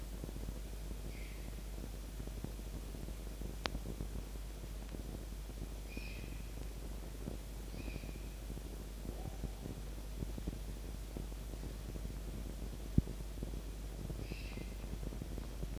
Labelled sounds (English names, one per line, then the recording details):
Red Fox
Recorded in captivity
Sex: female
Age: adult
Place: Zoologisches Institut der HUB, Berlin, DE
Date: 1952-01-25 19:15
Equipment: Elmetra
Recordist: Tembrock, Günter